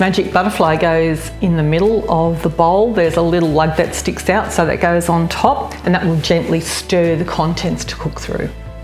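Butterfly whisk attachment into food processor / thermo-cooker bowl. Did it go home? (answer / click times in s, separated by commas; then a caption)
no / none. Someone talks over background music while handling a plastic butterfly whisk attachment, placing it in the middle of a thermo-cooker mixing bowl on the blade hub with its lug facing up. Nothing has seated or clicked yet.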